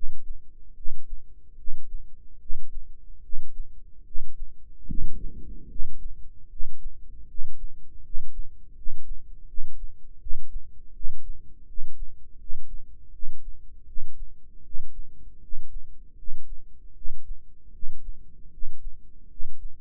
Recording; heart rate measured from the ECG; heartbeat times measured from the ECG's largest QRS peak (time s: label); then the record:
heart sounds by microphone in the right ear; 78 bpm
0.73 s: heartbeat
1.55 s: heartbeat
2.37 s: heartbeat
3.20 s: heartbeat
4.03 s: heartbeat
4.85 s: heartbeat
5.67 s: heartbeat
6.48 s: heartbeat
7.26 s: heartbeat
8.01 s: heartbeat
8.73 s: heartbeat
9.45 s: heartbeat
10.18 s: heartbeat
10.92 s: heartbeat
11.65 s: heartbeat
12.37 s: heartbeat
13.10 s: heartbeat
13.85 s: heartbeat
14.62 s: heartbeat
15.39 s: heartbeat
16.15 s: heartbeat
16.93 s: heartbeat
17.71 s: heartbeat
18.49 s: heartbeat
19.27 s: heartbeat
From the record:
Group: healthy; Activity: breath hold 0-5 s, rest 5-20 s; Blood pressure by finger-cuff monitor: 106/60 mmHg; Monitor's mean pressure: 74 mmHg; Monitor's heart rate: 77 bpm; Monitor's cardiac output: 7.6 L/min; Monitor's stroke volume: 100 mL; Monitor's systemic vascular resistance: 680 dyn s/cm5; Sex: male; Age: 35 years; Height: 180 cm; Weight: 86.9 kg